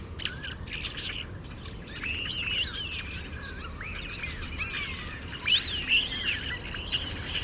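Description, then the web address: Bird chorus with curving whistled notes and short chirps scattered throughout, and a few louder calls near the end. "birddata Deverinetal 2025 Bird Only More Classes St Vu St Vu"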